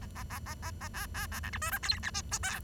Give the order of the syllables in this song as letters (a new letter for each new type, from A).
A A A A A A B B A C D E F G H I J K